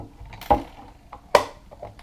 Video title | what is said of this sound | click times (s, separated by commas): Stoeger M3500 disassembly reassembly and safety function check | and it just clips down in place. | 1.4 s